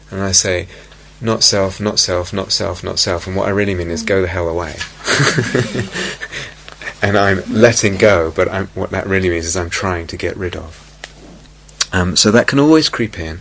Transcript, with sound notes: I might say, "Not-self, not-self, not-self, not-self," and what I really mean is "Go the hell away!" [laughter] And I'm letting go, but what that really means is I'm trying to get rid of. So that can always creep in.